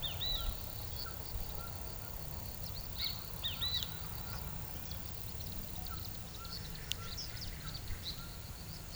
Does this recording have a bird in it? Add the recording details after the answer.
no. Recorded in pastures near Puerto Asís, Putumayo, Colombia, on 21 December 2024 at 14:00. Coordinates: 0.486, -76.323. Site GP01